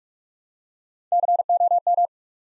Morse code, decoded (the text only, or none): COM